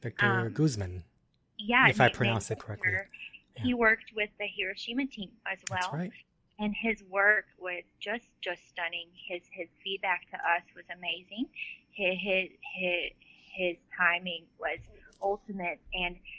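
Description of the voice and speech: Adult woman speaking conversationally with neurogenic stuttering: whole-word and sound repetitions ("just, just", "his, his", "I, I, I"), prolonged sounds and frequent pauses breaking the flow. The stutter was acquired after an anoxic brain injury, developed over about the past week, and is at its worst on this day.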